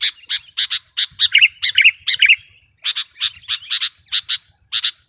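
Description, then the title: Sooty-headed bulbul song: quick sharp chirps with a few bubbling warbled phrases, a short break, then more spaced chirps. "kutilang"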